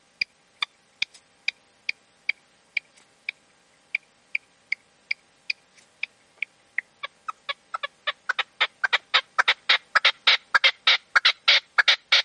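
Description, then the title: Partridge or tinamou song: sharp clipped notes, evenly spaced, then quickening and swelling into a loud, rapid, rhythmic chatter of harsh calls over the last few seconds. "Canto de Perdiz. CANTO DE LA PERDIZ"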